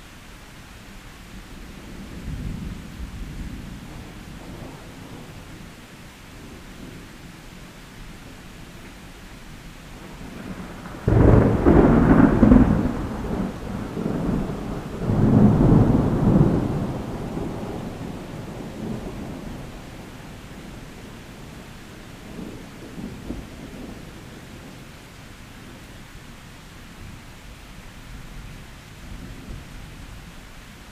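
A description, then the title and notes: Heavy rain hisses steadily under a low rumbling bed. Around eleven seconds a loud thunder crack breaks out, followed by a second rolling peal near fifteen seconds that slowly fades back into the steady downpour by about twenty seconds. Heavy Rain with Loud Thunderstorm Sounds (Brown & White Noises).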